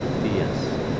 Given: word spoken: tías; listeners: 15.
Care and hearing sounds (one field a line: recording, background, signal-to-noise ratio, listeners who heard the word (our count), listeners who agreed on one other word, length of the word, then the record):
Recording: one Spanish word in noise, from a listening test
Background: speech-shaped noise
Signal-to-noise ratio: -5.1 dB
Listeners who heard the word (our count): 1 of 15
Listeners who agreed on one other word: 12 of 15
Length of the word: 0.60 s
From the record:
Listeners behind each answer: 12, 2, 1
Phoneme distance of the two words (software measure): 10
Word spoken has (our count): 2 syllables, 4 phonemes, stress on syllable 1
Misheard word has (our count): 2 syllables, 4 phonemes, stress on syllable 1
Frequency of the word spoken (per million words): 4.62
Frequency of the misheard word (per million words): 492.55